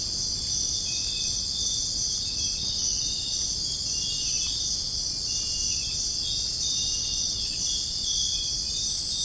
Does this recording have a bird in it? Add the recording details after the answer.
no. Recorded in dense forest near Puerto Asís, Putumayo, Colombia, on 23 June 2025 at 05:00. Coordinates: 0.481, -76.323. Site G072